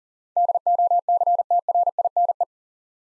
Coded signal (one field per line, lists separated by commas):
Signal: Morse code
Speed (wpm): 41 wpm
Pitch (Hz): 700 Hz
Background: none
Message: DOCTRINE